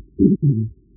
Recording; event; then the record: neck accelerometer signal played as sound; no cough (speech, laughter, throat clearing or background)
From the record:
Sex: male